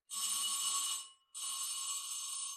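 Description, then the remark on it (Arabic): An electric bell, rung to call the servants, rings in two long, loud bursts with a brief pause between them, a bright, buzzing metallic jangle, with no voices over it. “تسمح تدق الجرس اللي جنبك؟”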